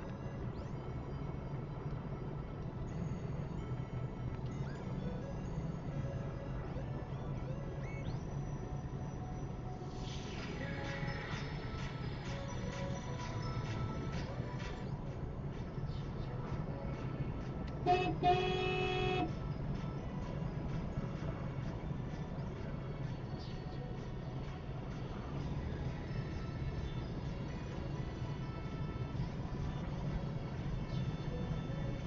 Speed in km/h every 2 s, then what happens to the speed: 66, 68, 71, 71, 63, 61, 66, 68, 72, 72, 63, 61, 66, 71, 71, 66.
0-6 steady at about 68. 6-8 brakes to 63. 10-18 speeds up to 72. 18-21 brakes to 61. 21-26 speeds up to 71.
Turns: none.